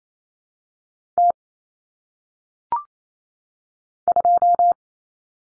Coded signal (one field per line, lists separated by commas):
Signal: Morse code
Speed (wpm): 28 wpm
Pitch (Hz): 700 Hz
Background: none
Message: T 2